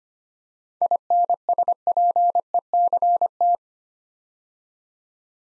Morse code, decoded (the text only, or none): INSPECT